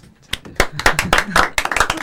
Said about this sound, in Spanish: ¿Se estira un poquito el aplauso?